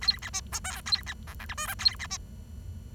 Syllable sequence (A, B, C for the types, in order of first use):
A B C D E A B F G H I J A B C